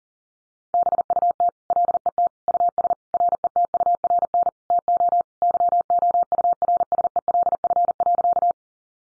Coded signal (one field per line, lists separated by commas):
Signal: Morse code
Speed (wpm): 40 wpm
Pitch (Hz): 700 Hz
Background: none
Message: BUT LET US RETURN TO YOURSELF.